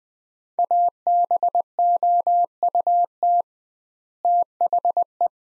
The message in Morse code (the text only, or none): ABOUT THE